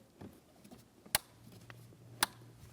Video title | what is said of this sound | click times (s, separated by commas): How to replace Cabin Air Filter 2012-2020 Chevrolet Sonic | listen for the two clicks | 1.1 s, 2.2 s